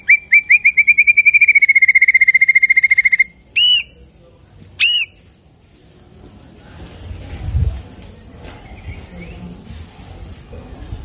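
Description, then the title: White-rumped shama delivers a whistled trill lasting a few seconds, followed by two separate loud notes, then quiet background noise. Actively singing bird used as a lure to provoke a response from other birds. "PANCINGAN MURAI BATU GACOR"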